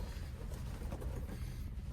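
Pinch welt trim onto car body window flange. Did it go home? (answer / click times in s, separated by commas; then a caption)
no / none. Rubber pinch welt trim is pressed by hand onto the sheet-metal flange around a pop-out window opening on a VW Beetle body. A steady low rumble with faint handling noise runs throughout, with no sharp hits. Nothing has seated or clicked yet.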